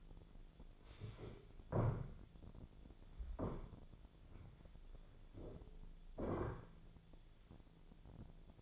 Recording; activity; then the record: daily activity, microphone in the room; stand up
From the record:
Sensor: 5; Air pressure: 1008.2 hPa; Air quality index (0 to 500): 153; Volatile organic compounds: 3 ppm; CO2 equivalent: 1472 ppm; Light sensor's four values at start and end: 60/168/65/66 and 60/168/65/65